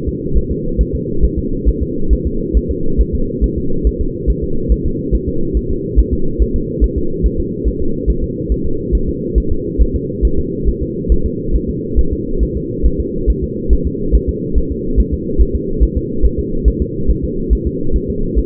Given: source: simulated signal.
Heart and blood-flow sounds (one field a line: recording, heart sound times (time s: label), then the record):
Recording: fetal heart sounds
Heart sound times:
0.09 s: S2
0.38 s: S1
0.52 s: S2
0.81 s: S1
0.95 s: S2
1.25 s: S1
1.39 s: S2
1.69 s: S1
1.83 s: S2
2.13 s: S1
2.27 s: S2
2.57 s: S1
2.71 s: S2
3.01 s: S1
3.15 s: S2
3.44 s: S1
3.58 s: S2
3.87 s: S1
4.01 s: S2
4.30 s: S1
4.44 s: S2
4.72 s: S1
4.86 s: S2
5.15 s: S1
5.29 s: S2
5.57 s: S1
5.71 s: S2
6.00 s: S1
6.14 s: S2
6.42 s: S1
6.56 s: S2
6.84 s: S1
6.98 s: S2
7.26 s: S1
7.40 s: S2
7.68 s: S1
7.82 s: S2
8.10 s: S1
8.24 s: S2
8.52 s: S1
8.66 s: S2
8.95 s: S1
9.09 s: S2
9.38 s: S1
9.52 s: S2
9.82 s: S1
9.96 s: S2
10.25 s: S1
10.39 s: S2
10.68 s: S1
10.82 s: S2
11.12 s: S1
11.26 s: S2
11.56 s: S1
11.70 s: S2
11.99 s: S1
12.13 s: S2
12.43 s: S1
12.57 s: S2
12.86 s: S1
13.00 s: S2
13.30 s: S1
13.44 s: S2
13.73 s: S1
13.87 s: S2
14.15 s: S1
14.29 s: S2
14.58 s: S1
14.72 s: S2
15.00 s: S1
15.14 s: S2
15.42 s: S1
15.56 s: S2
15.83 s: S1
15.97 s: S2
16.25 s: S1
16.39 s: S2
16.68 s: S1
16.82 s: S2
17.10 s: S1
17.24 s: S2
17.53 s: S1
17.67 s: S2
17.96 s: S1
18.10 s: S2
18.39 s: S1
From the record:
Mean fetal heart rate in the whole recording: 140 bpm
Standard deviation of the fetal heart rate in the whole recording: 2 bpm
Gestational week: 34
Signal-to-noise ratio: -8.1 dB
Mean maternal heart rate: 72 bpm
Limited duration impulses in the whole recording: absent